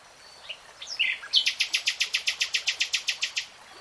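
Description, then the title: Nightingale song: a few varied introductory notes, then a loud, steady run of many rapid repeated pulses. Singing, from a three-hour real-time recording. "[Tiếng chim hót] Nightingale Singing"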